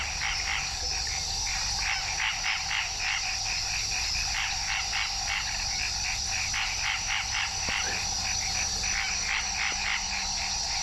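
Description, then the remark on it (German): A dense night chorus of frogs croaking near the Amazon in rapid, pulsing trills, layered over a steady high insect buzz, with no voices present throughout. “Mitten in der Nacht, in der Nähe des Amazonas, über mir die Fledermäuse, Glühwürmchen, die Frösche, die Quaken.”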